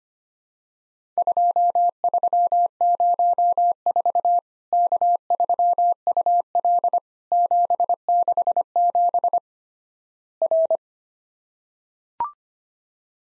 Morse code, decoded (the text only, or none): 2304 K3UL 767 R